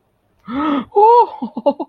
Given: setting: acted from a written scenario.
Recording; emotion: vocal sound without words; positive surprise